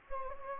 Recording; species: mosquito wingbeat signal from an infrared sensor; Anopheles gambiae